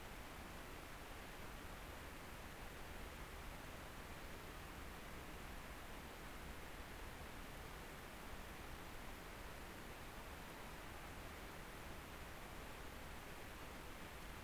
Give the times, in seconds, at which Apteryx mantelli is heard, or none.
none